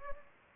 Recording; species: mosquito wingbeat signal from an infrared sensor; Anopheles gambiae